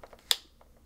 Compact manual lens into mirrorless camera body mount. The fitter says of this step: and once you do that it will click into place